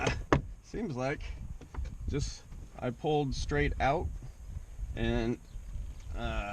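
A plastic A-pillar trim panel on a 10th gen Civic Si is pulled off the car body pillar. A sharp pop at 0.3 s marks the retaining clip letting go and the trim coming straight out, after which someone talks.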